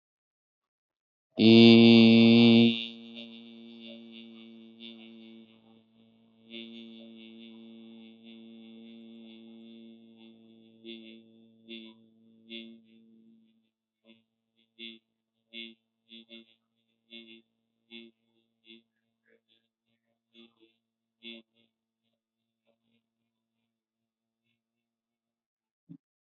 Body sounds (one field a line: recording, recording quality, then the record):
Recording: sustained vowel as in beet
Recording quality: excellent, no background noise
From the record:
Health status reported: healthy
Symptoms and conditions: none ticked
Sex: male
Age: 25 years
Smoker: yes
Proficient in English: yes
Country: India